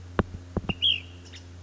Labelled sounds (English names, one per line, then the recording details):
Ash-throated Flycatcher
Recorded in Sonoma County, California